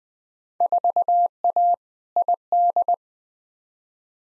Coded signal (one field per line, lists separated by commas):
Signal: Morse code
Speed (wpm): 20 wpm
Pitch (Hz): 700 Hz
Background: none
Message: 4A ID